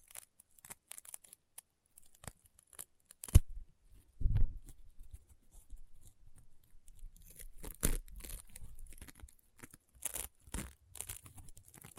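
Slime being squeezed and worked, giving dense crunchy crackles and sharp pops scattered through the twelve seconds. A strong pop lands near 3 seconds and a low squish near 4, then the crackling thickens and grows busier in the second half.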